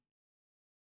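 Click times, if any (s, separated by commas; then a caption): none. A plastic model kit part is being handled and pressed toward its place on the Blokees Evangelion Unit-01 figure assembly. A faint low rustle fades within the first 0.1 seconds, then near silence follows until a sudden sharp, broadband burst right at the end, at 1.0 seconds. The part has not seated or clicked yet.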